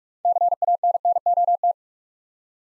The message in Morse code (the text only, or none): CANNOT